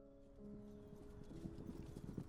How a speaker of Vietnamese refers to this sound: Nhưng Mỡ còn chưa kịp chui ra khỏi lùm cây, đã nghe tiếng vó ngựa từ xa xa vọng lại. Những âm thanh lộc cộc phát ra mỗi lúc một gần.